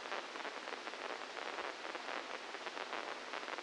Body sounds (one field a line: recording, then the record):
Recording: brain microelectrode recording played as sound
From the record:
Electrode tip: inside the subthalamic nucleus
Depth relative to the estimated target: -1 mm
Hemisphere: left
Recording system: NeuroSet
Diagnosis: Parkinson's disease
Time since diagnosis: 12 years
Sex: male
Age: 61 years